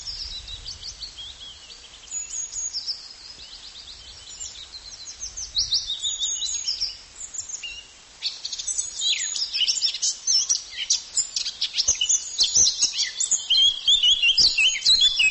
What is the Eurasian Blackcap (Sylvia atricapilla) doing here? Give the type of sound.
song